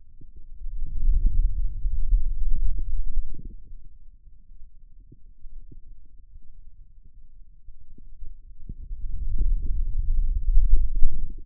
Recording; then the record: forearm muscle sounds (acoustic myography)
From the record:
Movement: wrist extension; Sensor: system 2, bracelet of six BSWA MPA416 microphones around the upper forearm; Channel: 2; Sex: male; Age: 22 years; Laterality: right